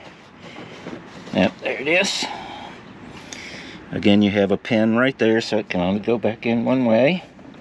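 A new LED fog light bulb for a 2021 Promaster, keyed by a pin so it fits only one way, is handled near its plastic wiring harness connector while someone talks. Brief handling noises come at about 1.4, 1.7 and 3.3 seconds. Nothing has seated or clicked yet.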